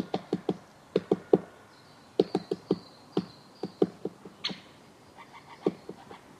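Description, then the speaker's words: Great Spotted Woodpecker tapping on wood: dry knocks in loose bursts of three to five, irregularly spaced, with a faint high tone in the background. Knocking on a dead pine (kelo) tree in a January soundscape. "Tässä käpytikka koputtelee kelopuuta. Aika mukava tammikuinen äänimaisema."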